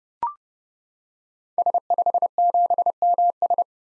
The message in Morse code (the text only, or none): S57MS